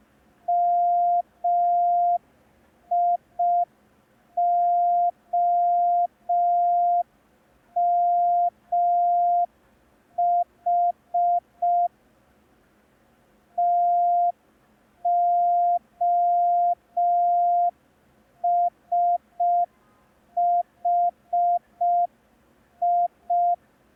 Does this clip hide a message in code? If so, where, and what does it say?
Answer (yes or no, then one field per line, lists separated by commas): yes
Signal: Morse code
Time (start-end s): 0.5-23.5 s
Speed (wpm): 5 wpm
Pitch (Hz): 700 Hz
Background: none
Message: MIOMH TOSHI